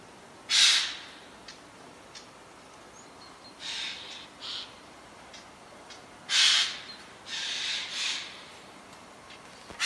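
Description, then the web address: Eurasian jay giving harsh, rasping screeches, two loud bursts about six seconds apart with softer shorter harsh notes between them. "SETE data Garrulus glandarius"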